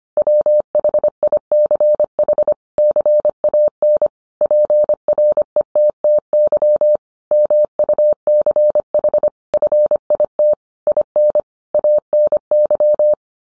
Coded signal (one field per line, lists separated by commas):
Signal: Morse code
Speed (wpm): 25 wpm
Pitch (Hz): 600 Hz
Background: none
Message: WHICH CAN PRETTY MUCH FIT IN ANY